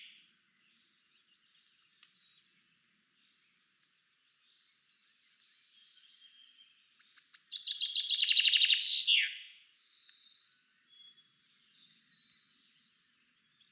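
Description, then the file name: Common chaffinch song, one descending trill ending in a flourish, midway through; soft chirps and warbling from other birds before and after. "Fringilla coelebs"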